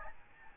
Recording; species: mosquito wingbeat signal from an infrared sensor; Aedes albopictus